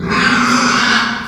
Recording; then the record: squeal of a Yucatan mini pig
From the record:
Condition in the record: after surgery on the right vocal fold (resection and tissue-engineered implant); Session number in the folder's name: 15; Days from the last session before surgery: 175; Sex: female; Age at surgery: 19 weeks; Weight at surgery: 25 kg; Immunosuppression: prednisolone